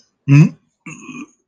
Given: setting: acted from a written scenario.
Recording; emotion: vocal sound without words; disgust